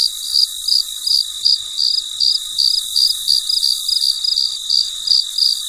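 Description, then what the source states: Cricket giving high, evenly spaced chirps, nearly three each second, against a steady high-pitched insect hum. Recorded late at night; very quiet.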